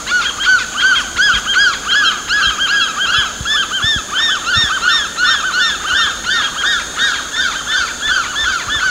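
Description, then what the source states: Bushy-crested hornbill group calling, many overlapping yelping, arched notes in a rapid, rolling chorus with pulsing volume, over a steady high insect drone. Recorded at Danum on 8 August 2009.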